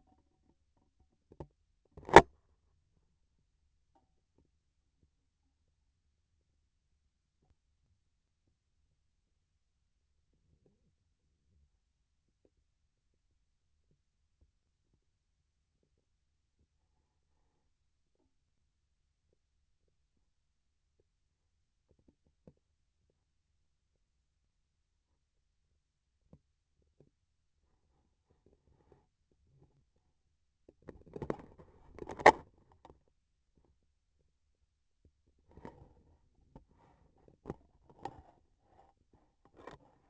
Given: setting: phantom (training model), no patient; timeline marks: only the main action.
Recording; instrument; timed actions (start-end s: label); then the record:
laparoscopic instrument, vibration sensor on the handle end; scissors
1.89-2.44 s: cutting thread
From the record:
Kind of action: gesture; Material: cotton thread